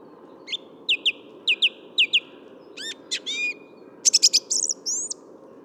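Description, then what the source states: Song Thrush song: a single note, then a two-note figure repeated three times, then rising whistles and a rapid chattering phrase, against a faint low rumble. Another song thrush, in the middle of the Bois de Vincennes wood; Thursday 14 February 2019, 8–10:30 am, sunny, almost spring-like, 3–4 °C; Nagra Seven, Telinga Pro7.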